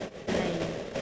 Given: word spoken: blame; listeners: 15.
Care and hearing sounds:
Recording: one English word in noise, from a listening test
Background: noise modulated by three-talker babble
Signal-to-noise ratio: -4.4 dB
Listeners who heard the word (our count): 0 of 15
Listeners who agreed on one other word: 8 of 15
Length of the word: 0.62 s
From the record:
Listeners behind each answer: 8, 4, 1, 1, 1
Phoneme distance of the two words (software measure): 17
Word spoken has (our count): 1 syllable, 4 phonemes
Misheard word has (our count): 1 syllable, 3 phonemes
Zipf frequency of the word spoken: 4.66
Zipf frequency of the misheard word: 5.61

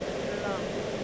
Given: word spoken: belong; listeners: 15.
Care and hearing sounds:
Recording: one English word in noise, from a listening test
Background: speech-shaped noise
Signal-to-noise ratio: -6.3 dB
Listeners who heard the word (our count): 2 of 15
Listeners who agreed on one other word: 7 of 15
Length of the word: 0.64 s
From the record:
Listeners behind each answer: 7, 2, 2, 2, 1, 1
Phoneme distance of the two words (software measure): 14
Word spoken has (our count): 2 syllables, 5 phonemes, stress on syllable 2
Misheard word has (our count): 1 syllable, 3 phonemes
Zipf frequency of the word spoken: 4.30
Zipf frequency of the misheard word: 5.80

